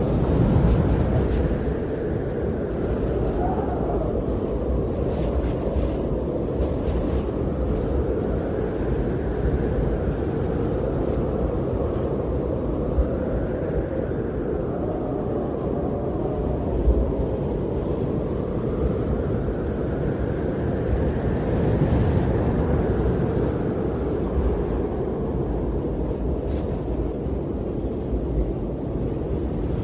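Blizzard wind roars steadily and close, a dense low rumble with slow rising and falling gusts that whistle every few seconds.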